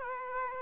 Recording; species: mosquito wingbeat signal from an infrared sensor; Aedes aegypti